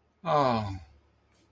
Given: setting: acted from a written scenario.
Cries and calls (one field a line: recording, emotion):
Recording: vocal sound without words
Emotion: sympathy